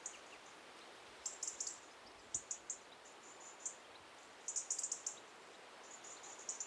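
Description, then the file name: European robin: very high, thin, short notes in small irregular clusters, with faint steady background hiss. "Erithacus rubecula"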